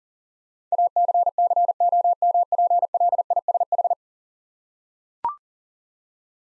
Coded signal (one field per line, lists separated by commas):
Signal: Morse code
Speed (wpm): 37 wpm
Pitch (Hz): 700 Hz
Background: none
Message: ACCOMPLISH